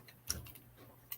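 A small metal hinged hoop earring with a pink heart is closed and pushed back onto its paper display card. Two sharp clicks are heard at 0.3 s and 1.1 s, and the earring is seated back on the card.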